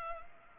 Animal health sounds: mosquito wingbeat signal from an infrared sensor; Culex pipiens

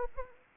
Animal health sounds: mosquito wingbeat signal from an infrared sensor; Anopheles arabiensis

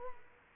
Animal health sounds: mosquito wingbeat signal from an infrared sensor; Culex quinquefasciatus

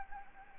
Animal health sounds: mosquito wingbeat signal from an infrared sensor; Anopheles gambiae

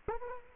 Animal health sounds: mosquito wingbeat signal from an infrared sensor; Culex quinquefasciatus

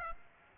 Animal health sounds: mosquito wingbeat signal from an infrared sensor; Aedes aegypti

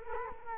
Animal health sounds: mosquito wingbeat signal from an infrared sensor; Culex quinquefasciatus

